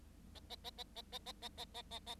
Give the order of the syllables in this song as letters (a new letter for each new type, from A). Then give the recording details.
A A A A A A A A A A A A. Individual Bird7